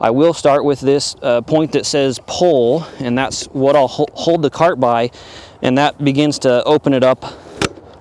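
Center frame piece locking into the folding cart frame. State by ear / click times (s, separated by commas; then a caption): seated / 7.7 s. A Rovic RV1D folding disc golf cart is pulled open by the point marked "pull," which is also used to hold it, while someone talks. The frame unfolds with soft rustling, and then a sharp click at 7.6 s marks the center frame piece locking into place in the open position.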